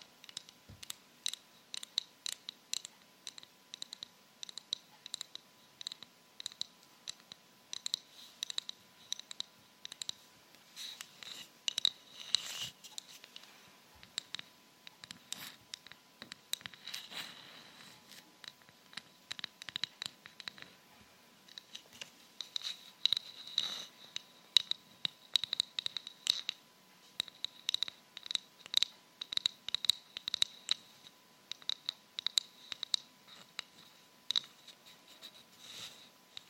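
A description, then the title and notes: Rhinestone-covered fingertips tap across different surfaces in quick, uneven bursts of sharp clicks that run through the whole recording. The taps are bright and crisp, sometimes in fast flurries, sometimes sparser. A faint steady tone hums underneath throughout. ASMR Tapping With Rhinestone Fingers. TAPPING on many different surfaces.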